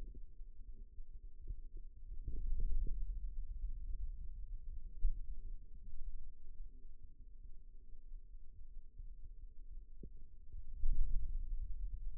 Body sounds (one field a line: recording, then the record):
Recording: forearm muscle sounds (acoustic myography)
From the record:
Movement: ulnar deviation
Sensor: system 2, bracelet of six BSWA MPA416 microphones around the upper forearm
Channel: 3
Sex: male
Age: 22 years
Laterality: right